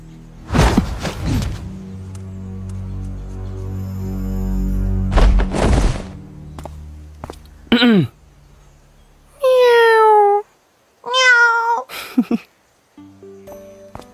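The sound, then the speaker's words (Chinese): A cat meows twice in quick succession, each call drawn out and sliding in pitch, following a few dull thuds and a short rising squeak earlier on. “大猫， 你来干什么？”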